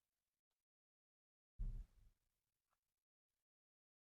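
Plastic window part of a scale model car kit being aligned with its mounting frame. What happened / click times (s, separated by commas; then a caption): Model parts handled and lined up, no seating click yet / none. A builder lines up the pins and holes of a plastic window part for a Fanhome Fast & Furious Dodge Charger scale model kit (issues 67/68) against its mounting frame before pressing it home. After near silence, a short low rumbling burst of handling noise comes at about 1.6–2.0 s, then a faint tick near 2.7 s. The part has not clicked into place yet.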